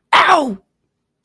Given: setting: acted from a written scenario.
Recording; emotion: vocal sound without words; pain